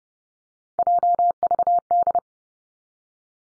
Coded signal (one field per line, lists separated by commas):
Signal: Morse code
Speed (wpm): 30 wpm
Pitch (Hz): 700 Hz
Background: none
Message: JVD